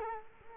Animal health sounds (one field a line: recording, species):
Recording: mosquito wingbeat signal from an infrared sensor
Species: Culex quinquefasciatus